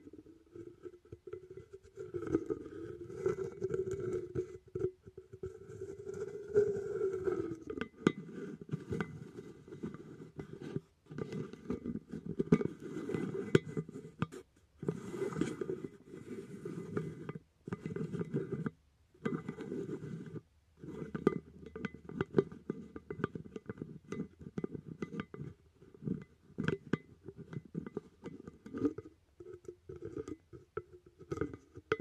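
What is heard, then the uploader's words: Wind buffets a muffled microphone, making a dense, low rumble that surges and drops in uneven gusts for the whole half minute. Sharp crackles and pops break through often, with brief near-silent gaps around 15, 18 and 21 seconds, and a faint thin whine underneath. Windy Muffs, Scratching the 3DIO.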